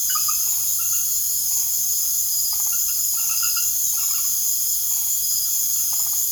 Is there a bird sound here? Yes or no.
no